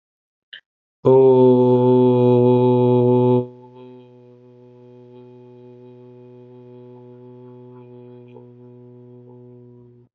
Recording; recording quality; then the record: sustained vowel as in boot; excellent, no background noise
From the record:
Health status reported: healthy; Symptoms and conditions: none ticked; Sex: male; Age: 29 years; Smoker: not ticked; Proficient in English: yes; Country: India